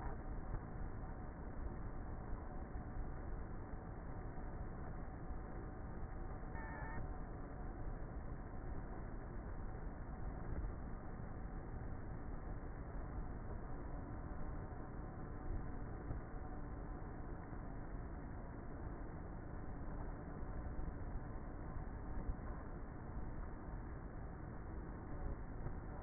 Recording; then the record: honeybee colony, microphone inside the hive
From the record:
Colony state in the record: queenless with a low population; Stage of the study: before two queens were removed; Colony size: about 30,000 bees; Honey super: no